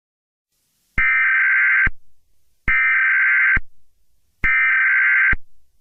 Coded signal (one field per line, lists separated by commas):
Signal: Emergency Alert System (SAME) tones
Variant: header bursts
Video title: EAS Scenario #47: Deadly California School Shooting of 2022